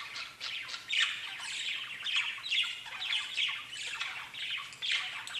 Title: Budgie Sounds